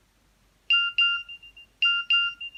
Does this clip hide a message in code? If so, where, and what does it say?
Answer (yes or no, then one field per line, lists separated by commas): no